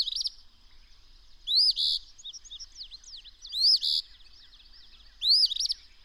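Bird song: three loud phrases, each a rising whistle followed by a buzzy note, about two seconds apart, with softer scattered chirps between them.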